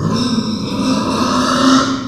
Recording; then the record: squeal of a Yucatan mini pig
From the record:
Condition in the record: after surgery on the right vocal fold (resection and tissue-engineered implant); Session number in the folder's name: 11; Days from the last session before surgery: 98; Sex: female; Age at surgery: 19 weeks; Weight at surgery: 25 kg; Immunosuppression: prednisolone